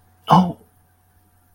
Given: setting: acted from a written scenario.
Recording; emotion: vocal sound without words; shame